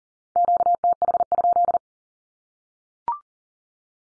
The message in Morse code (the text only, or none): QTH?